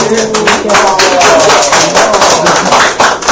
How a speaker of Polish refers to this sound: Publiczność znowu niewyszkolona. Niewyszkolona, ale biją brawo i krzyczą.